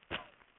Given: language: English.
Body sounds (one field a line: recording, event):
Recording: throat vibration sensor signal played as sound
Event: cough